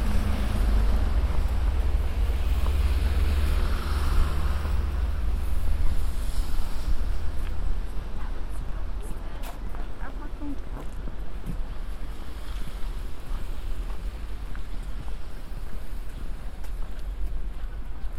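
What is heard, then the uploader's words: Outdoors on a walk through a park after a snowstorm, a steady wash of wind-like noise fills the scene. A heavy low rumble, like traffic, dominates the first seven seconds and then eases off, leaving a thinner hiss with scattered faint ticks and crunches. A binaural field recording of walking in Central Park after a snow storm. It was a windy day, so there is some wind noise.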